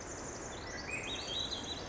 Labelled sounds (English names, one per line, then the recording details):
Pacific Wren
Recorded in Sonoma County, California